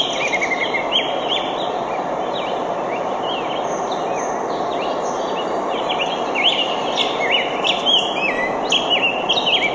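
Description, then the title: Birds chirping in a busy stream of quick, high twittering notes over a loud, steady rush of water. Recorded by a jungle river; locations given as Skinner Butte Park, Eugene, Oregon, and a rock creek ranch in Montana, USA. "丛林河边的鸟叫_美国蒙大拿州岩溪牧场Skinner Bette Park，美国俄勒冈州尤金"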